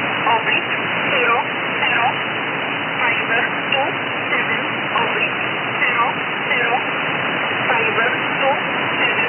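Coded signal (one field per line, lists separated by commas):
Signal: numbers station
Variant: E11 Oblique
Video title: Numbers Station E11 Oblique 5409 kHz USB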